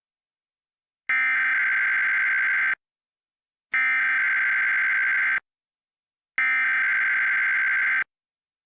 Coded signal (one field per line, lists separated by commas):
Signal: Emergency Alert System (SAME) tones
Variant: header bursts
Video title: EAS #52-53: January 2023 West Virginia Required Monthly Test on WCHS AM & Comcast